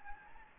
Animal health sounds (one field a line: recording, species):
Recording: mosquito wingbeat signal from an infrared sensor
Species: Anopheles gambiae